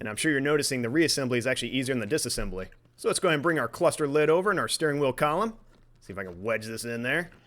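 A plastic cluster lid and steering column cover for a 2013–2018 Nissan Altima are brought over and wedged into the dashboard as one piece during reassembly after a remote start install. Someone talks throughout, with only faint handling noise beneath the voice. Nothing has seated or clicked yet.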